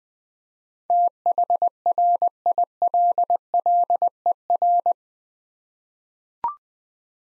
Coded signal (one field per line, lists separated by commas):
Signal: Morse code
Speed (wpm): 20 wpm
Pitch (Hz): 700 Hz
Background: none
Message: THRILLER